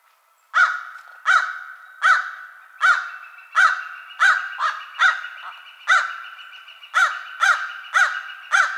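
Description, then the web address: American crow giving a long run of many rough, nasal caws, each about half a second to a second apart. Recorded 22 March 2007. "American Crow 2007 03 22"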